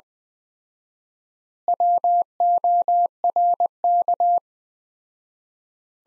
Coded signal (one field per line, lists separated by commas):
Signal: Morse code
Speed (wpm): 21 wpm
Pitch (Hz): 700 Hz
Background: none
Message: WORK